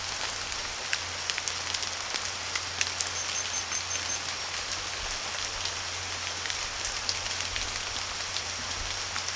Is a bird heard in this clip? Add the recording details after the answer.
no. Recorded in pastures near Puerto Asís, Putumayo, Colombia, on 8 March 2025 at 02:30. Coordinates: 0.497, -76.327. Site G072